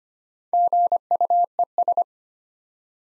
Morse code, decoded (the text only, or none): GUES